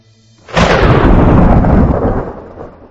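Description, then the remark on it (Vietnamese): A sudden, loud thunderclap from a lightning bolt striking down from the sky, in a telling of Hoa Thiên Cốt, bursts in with a sharp crack, then rolls into a broad, rumbling roar that slowly fades over the next two seconds. “Hoa Thiên Cốt còn chưa kịp định thần, một tia sét từ trên trời giáng xuống, đánh Sỉ Tiêu đến bóng cũng chẳng còn, chỉ chừa lại một làn khói trắng.”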